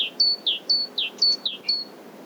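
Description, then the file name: Great tit two-note calls: a high thin whistle and a lower downslurred note, alternating about four times in quick succession over a faint steady hiss. "Parus major"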